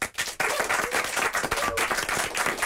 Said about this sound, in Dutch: Dat automatisch gaat klappen als ik live publiek zeg.